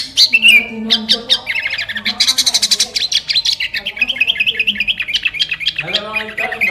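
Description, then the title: Sooty-headed bulbul song: a busy run of rapid chattering notes and quick trills, with a brief whistled phrase near the start. "Kutilang"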